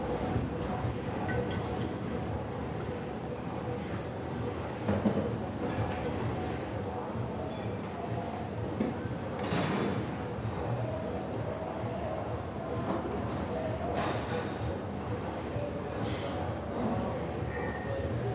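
Gym ambience with a steady low rumble and whir running throughout, like treadmills turning. Murmured voices sit in the mix, and a few brief clinks cut through, notably around five and nine to ten seconds, with softer metallic taps scattered elsewhere.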